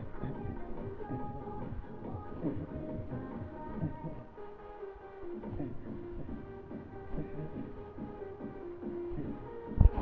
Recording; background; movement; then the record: throat clearing; music; sitting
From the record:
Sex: male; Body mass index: 23.7 kg/m2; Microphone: on the chest, facing the body